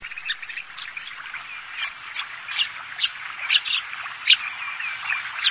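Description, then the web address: Bird calls: a busy mix of sharp chirps, several louder ones standing out above dense chattering. Recorded in Higashiosaka, Japan. "higashiosaka bird koe"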